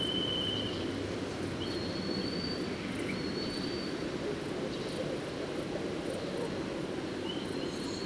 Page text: 080723, Black Kite Milvus migrans, hot-air balloon, Leipzig, Germany